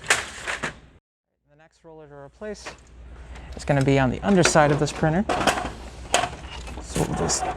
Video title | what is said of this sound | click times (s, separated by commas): Laser Express - How to Install a CF064A Maintenance Kit | and when you hear that snap that means it's in place you can just let that go | 0.1 s